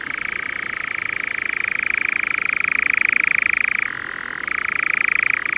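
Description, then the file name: European nightjar churring: a continuous, very rapid mechanical trill, dropping briefly to a lower pitch near four seconds before returning to the higher tone. "European Nightjar (Caprimulgus europaeus)"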